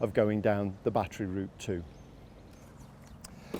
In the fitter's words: La batterie s'enclenche simplement dans la machine et nous sommes prêts à tondre.